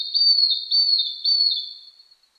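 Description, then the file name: Madi injap song: a high, thin warbling trill held steadily in three close phrases, each wavering slightly, the last fading away. "suara kicauan burung madi injap"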